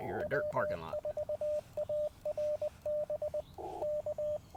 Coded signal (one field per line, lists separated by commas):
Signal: Morse code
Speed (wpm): 22 wpm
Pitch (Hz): 600 Hz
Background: speech, radio noise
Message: W4ARB K